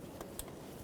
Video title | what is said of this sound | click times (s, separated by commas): How to Replace Vehicle Input Speed Sensor 2013-2020 Nissan Pathfinder | just like that make sure it clicks mine did now let's get the starter back in I did notice | 0.4 s